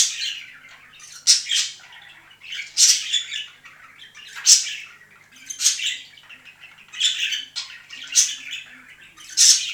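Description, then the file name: Budgerigar song of harsh squawky notes mixed with soft chattering warble, louder bursts coming roughly every one to one and a half seconds. Singing of budgerigars, more than one bird. "penie volnistyx popugaev"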